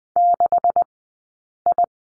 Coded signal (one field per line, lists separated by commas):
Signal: Morse code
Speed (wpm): 20 wpm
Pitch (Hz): 700 Hz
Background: none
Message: 6I